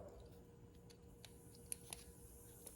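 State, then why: Released. A tool pries the white plastic locking insert out of a Weather Pack connector housing for a Yamaha ATV, since this insert is what locks the terminals in and must come out first. Sharp, small clicks sound over a quiet background, with the loudest at 1.7 s as the insert pops out. The insert comes free of the housing.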